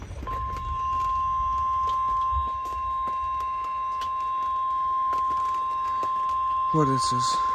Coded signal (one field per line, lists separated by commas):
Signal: Emergency Alert System (SAME) tones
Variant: 1050 Hz attention tone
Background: speech